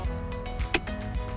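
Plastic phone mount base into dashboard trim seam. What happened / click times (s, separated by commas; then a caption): Plastic mount snaps into the trim seam / 0.8 s. On a Ford F-150, a plastic phone mount base (center mount 856089, for a ProClip device holder) is set with its squared-off side in the bottom of the center dashboard trim seam and pressed with the fingers. It snaps into place with a sharp click at 0.8 s over background music. The mount is seated, giving a solid mounting platform.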